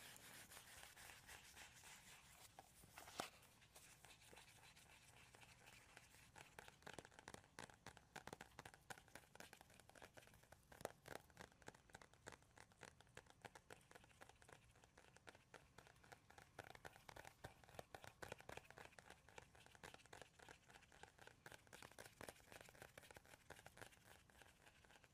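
ASMR tapping and scratching on wood, cork and cardboard, with no talking. Crisp, crackly taps and scrapes come thick and irregular for the whole clip, bright and dry, with a few sharper knocks around three and eleven seconds.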